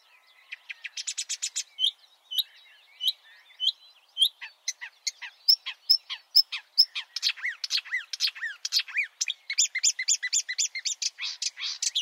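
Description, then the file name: Marsh warbler song: a fast, unbroken medley of chattering, buzzy and sharp whistled notes, with short phrases repeated several times before switching to new ones. "suara-kicauan-burung-marsh-warbler -omkicau"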